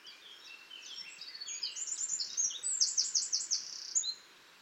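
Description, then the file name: Eurasian wren with quick, high twittering that builds into brisk trilled notes over steady background hiss. "Troglodytes troglodytes"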